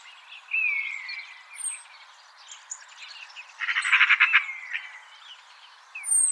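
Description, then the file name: Eurasian magpie giving a short harsh rattling chatter of rapid pulses midway through, with thin whistled notes from other birds before and after. "Pica pica"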